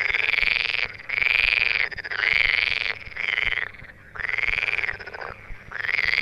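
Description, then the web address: Edible frog croaking, loud rattling bursts of about a second repeated roughly once a second. Frogs calling in the Tävsmoor. "teichfrosch. rufen jetzt die froesche im taevsmoor"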